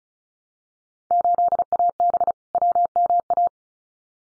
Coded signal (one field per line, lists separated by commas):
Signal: Morse code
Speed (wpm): 34 wpm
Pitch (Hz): 700 Hz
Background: none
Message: 8AB WMA